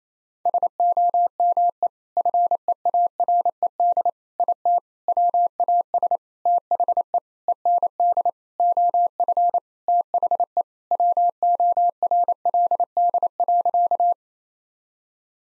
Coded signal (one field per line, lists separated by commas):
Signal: Morse code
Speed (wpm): 28 wpm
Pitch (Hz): 700 Hz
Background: none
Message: SOME FEARED IT WAS THE END OF THE WORLD.